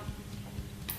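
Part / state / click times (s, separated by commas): sensor wire male/female connector between the handlebars on an exercise bike / seated / 0.9 s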